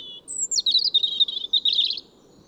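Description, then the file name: European robin delivering a thin high whistle that slides down into a rapid, tinkling warble of jumbled notes, then silence. "Erithacus rubecula"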